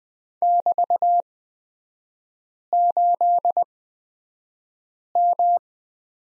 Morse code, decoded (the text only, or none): <BT>8M